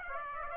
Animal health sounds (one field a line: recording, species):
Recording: mosquito wingbeat signal from an infrared sensor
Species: Aedes aegypti